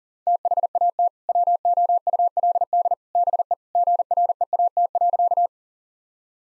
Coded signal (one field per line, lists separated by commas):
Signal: Morse code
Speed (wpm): 40 wpm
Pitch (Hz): 700 Hz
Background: none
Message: THAT WOULD BE GREAT.